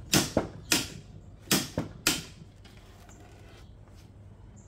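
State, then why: Torque reached. A manual click-type torque wrench set to 600 Nm is pulled on a bolt tightened by a Dongcheng DCPB689 cordless impact wrench. Sharp, bright transients are heard at 0.1 s, 0.7 s and 1.5 s, followed by the loudest one at 2.1 s, then low background noise. The wrench clicks at 2.1 s, confirmed at 600 Nm.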